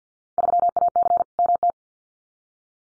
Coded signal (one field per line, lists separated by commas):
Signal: Morse code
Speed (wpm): 50 wpm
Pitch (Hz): 700 Hz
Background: none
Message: 3AC MT